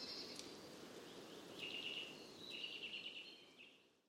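Bird calling with short buzzy trilled notes held level at a mid-high pitch, in a few bursts, over constant low noise.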